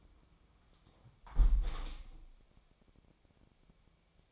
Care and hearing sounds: daily activity, microphone in the room; close window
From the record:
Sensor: 1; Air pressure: 1000.4 hPa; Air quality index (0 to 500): 179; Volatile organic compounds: 4 ppm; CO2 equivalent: 1647 ppm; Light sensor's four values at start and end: 10/25/10/12 and 10/24/10/11

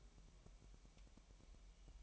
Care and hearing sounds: daily activity, microphone in the room; take from stove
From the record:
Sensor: 1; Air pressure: 1002.0 hPa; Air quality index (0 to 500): 246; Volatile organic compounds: 50 ppm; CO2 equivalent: 3300 ppm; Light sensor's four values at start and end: 5/12/5/6 and 5/12/5/6

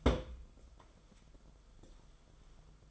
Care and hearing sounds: daily activity, microphone in the room; place on stove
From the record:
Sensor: 5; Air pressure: 994.5 hPa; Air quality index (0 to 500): 191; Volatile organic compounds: 1000 ppm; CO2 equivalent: 5608 ppm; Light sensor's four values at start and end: 43/131/52/56 and 44/134/53/58

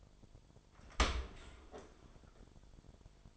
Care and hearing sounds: daily activity, microphone in the room; open dishwasher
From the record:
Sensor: 5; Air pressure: 1003.2 hPa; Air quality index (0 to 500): 130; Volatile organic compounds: 1 ppm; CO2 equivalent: 949 ppm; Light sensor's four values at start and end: 89/215/91/104 and 86/206/88/99

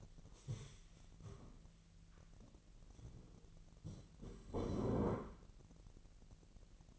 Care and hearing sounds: daily activity, microphone in the room; stand up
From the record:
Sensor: 4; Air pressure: 1002.9 hPa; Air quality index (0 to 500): 249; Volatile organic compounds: 30 ppm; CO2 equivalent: 2954 ppm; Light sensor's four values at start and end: 9/21/9/9 and 9/21/9/9

